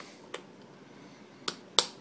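A plastic MOLLE-style clip mount is worked around a webbing strap and its door latch snaps shut. Two lighter clicks come at about 0.3 and 1.5 seconds, then the loudest sharp snap at 1.8 seconds as the latch closes. The mount is seated and secure on the webbing.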